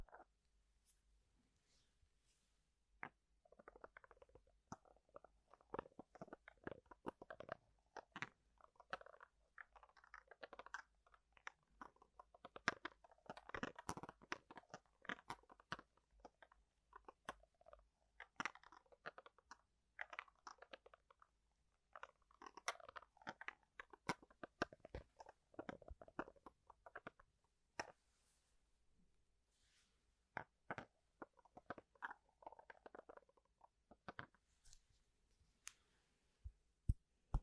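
Household objects make dense bursts of crunching, clicking and rattling, mostly mid-pitched, in busy clusters separated by brief quieter pauses throughout.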